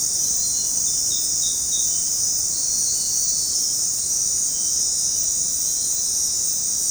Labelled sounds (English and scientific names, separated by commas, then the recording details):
none
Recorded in dense forest near Puerto Asís, Putumayo, Colombia, on 21 February 2024 at 22:30
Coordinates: 0.503, -76.322
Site G6418